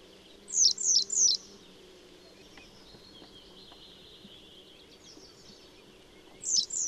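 Western yellow wagtail calls: three thin, high, downslurred notes in quick succession, then quiet, then two more similar notes near the end, over faint steady background hiss.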